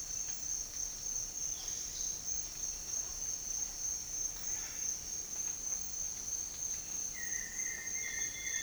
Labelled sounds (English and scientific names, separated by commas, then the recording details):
none
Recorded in dense forest near Puerto Asís, Putumayo, Colombia, on 13 March 2025 at 08:00
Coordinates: 0.500, -76.322
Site GP06